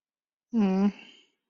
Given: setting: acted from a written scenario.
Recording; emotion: vocal sound without words; guilt